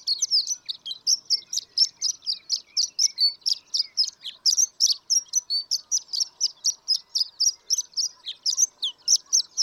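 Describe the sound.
Horned lark pouring out a sustained high-pitched tinkling song, notes rapid at roughly four a second, slightly uneven and squeaky.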